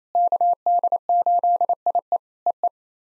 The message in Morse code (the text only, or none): KD8IE EE